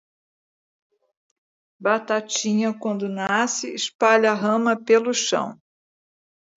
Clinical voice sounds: short text; Brazilian Portuguese; female; 60 to 69 years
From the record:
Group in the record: control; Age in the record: 68 years

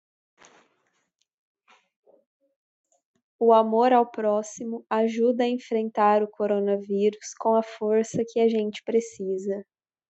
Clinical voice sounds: spoken sentence; Brazilian Portuguese; female; 20 to 29 years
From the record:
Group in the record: control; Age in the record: 29 years

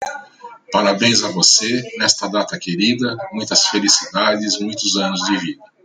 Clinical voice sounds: short text; Brazilian Portuguese; male; 60 to 69 years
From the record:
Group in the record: control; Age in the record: 60 years

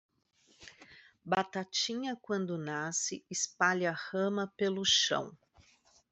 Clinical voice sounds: short text; Brazilian Portuguese; female; 50 to 59 years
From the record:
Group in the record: control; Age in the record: 50 years

